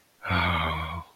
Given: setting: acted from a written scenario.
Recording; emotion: vocal sound without words; sadness